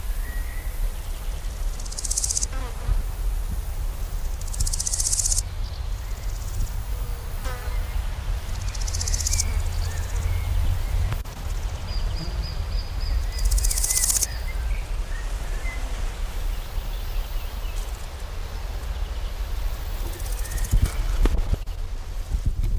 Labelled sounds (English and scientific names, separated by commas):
Large Gold Grasshopper (Chrysochraon dispar) stridulation